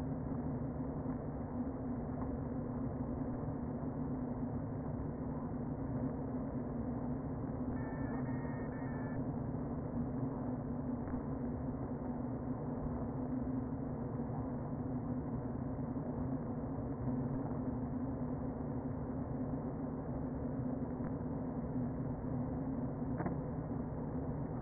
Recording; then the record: honeybee colony, microphone inside the hive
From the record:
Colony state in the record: queen present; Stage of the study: before two queens were removed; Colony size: about 60,000 bees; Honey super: yes